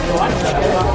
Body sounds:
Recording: background sound without coughing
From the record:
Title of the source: Nightlife Party Simulating Party Club Noise 1 Hour

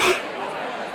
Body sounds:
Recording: coughing mixed with background sound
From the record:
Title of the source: 64 coughing, allergies, singing lungs

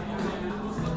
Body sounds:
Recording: background sound without coughing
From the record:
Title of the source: 60 minutes of coffee shop sounds for study and concentration

